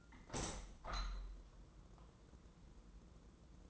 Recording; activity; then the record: daily activity, microphone in the room; open window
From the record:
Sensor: 3